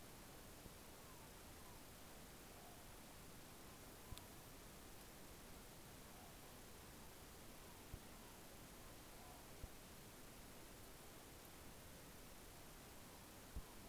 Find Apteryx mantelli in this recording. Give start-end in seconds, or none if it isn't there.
none